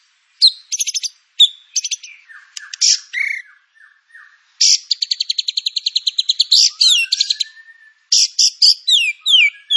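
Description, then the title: White-rumped shama singing rattling trills and chirps, lower slurred notes, then a long fast rattle and descending whistled phrases. Lure song (pancingan) of white-rumped shama with full filler (isian) material. "PANCINGAN MURAI BATU. MURAI BATU FULL MATERI ISIAN"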